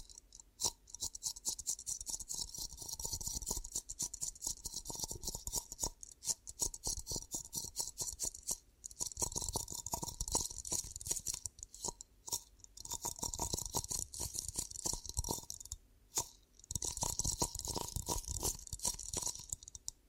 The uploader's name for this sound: ASMR 10 Ear Cupping Triggers